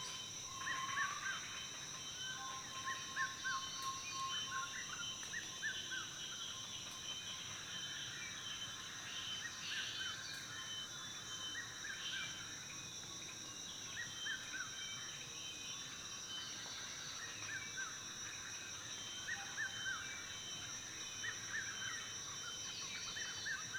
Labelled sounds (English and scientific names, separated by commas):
Red-chested Cuckoo (Cuculus solitarius)